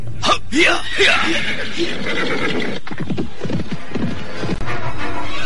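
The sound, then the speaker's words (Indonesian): A horse, released and unsaddled, whinnies with rising, shrill neighs while hooves clip-clop in a steady trotting rhythm, and voices talk over the sounds throughout. “Apakah cukup jauh Kakak melepaskan kuda kita?”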